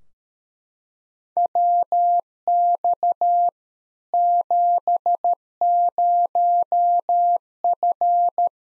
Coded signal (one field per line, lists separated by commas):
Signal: Morse code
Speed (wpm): 13 wpm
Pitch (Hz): 700 Hz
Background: none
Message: WX 70F